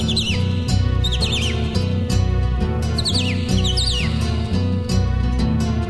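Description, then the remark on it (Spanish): A cardinal sings bright, downward-slurred whistles in quick repeated phrases, clearly audible over steady rhythmic music with a strong bass beat and no voices. “Canta el cardenal.”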